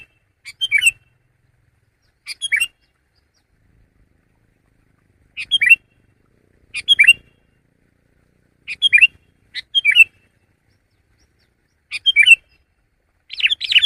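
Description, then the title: Sooty-headed bulbul song: several short bubbly chirped phrases, separated by quiet gaps of one to three seconds. "kutilang"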